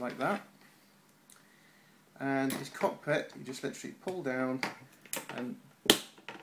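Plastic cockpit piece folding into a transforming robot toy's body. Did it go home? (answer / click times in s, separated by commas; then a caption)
yes / 5.9 s. A plastic cockpit section on a Transformers Revenge of the Fallen Hunt for the Decepticons Voyager Autobot Highbrow action figure is pulled down into the robot's body while it is transformed into plane mode. Someone talks throughout, and a sharp snap at 5.9 s marks the cockpit clicking and locking into place.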